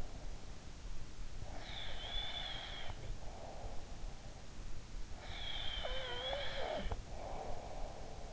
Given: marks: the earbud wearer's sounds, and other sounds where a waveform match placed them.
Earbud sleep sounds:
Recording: sounds in sleep by an in-ear microphone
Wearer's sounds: snoring breath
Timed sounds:
1.44-3.75 s: snoring breath
5.27-8.33 s: snoring breath

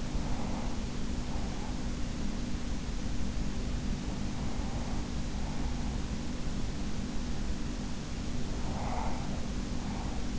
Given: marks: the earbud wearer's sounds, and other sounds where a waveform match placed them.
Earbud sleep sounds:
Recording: sounds in sleep by an in-ear microphone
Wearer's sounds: breath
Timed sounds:
0.00-1.78 s: breath
8.54-10.39 s: breath

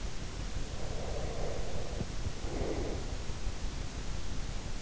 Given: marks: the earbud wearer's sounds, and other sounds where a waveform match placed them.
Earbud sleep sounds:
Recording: sounds in sleep by an in-ear microphone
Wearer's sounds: breath, teeth grinding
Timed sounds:
0.57-3.28 s: breath
1.73-2.51 s: teeth grinding

